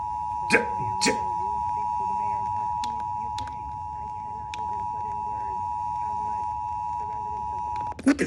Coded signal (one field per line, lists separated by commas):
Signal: Emergency Alert System (SAME) tones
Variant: 853 and 960 Hz attention tone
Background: speech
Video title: EAS #1162 RI Required Monthly Test 3/10/22